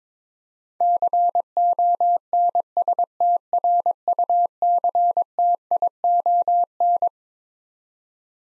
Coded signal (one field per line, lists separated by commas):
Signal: Morse code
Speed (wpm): 22 wpm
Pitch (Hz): 700 Hz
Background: none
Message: CONSTRUCTION